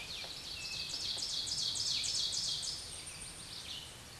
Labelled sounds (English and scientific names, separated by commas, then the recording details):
Ovenbird (Seiurus aurocapilla) song
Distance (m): 15 m
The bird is about level with the microphone
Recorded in a Pennsylvania forest on 16 May 2024 at 07:05
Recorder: AudioMoth, point MSD-2287
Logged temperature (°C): 11.2 °C
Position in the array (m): 147 m, 6 m